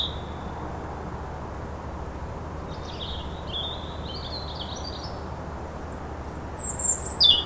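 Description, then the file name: European robin song: soft warbled high notes in the middle, then thin, very high, louder twitters near the end. "Erithacus rubecula"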